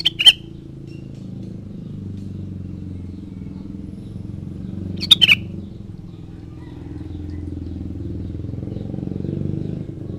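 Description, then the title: Sooty-headed bulbul singing two brief liquid phrases about five seconds apart while a vehicle engine rumbles throughout. "Kutilang"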